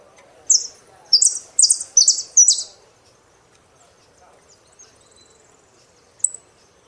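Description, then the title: Saffron finch song: five loud buzzy downslurred notes in quick succession, then quiet, with one last high chip. "Jilguero Argentino"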